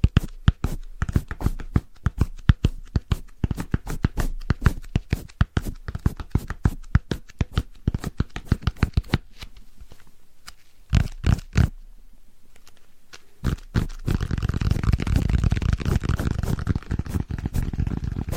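Fast, regular tapping fills most of the clip, thins into sparse taps after ten seconds, then gives way to dense brushing in the final four.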